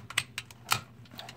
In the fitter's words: so just snap right in there we're going to take the VGA cord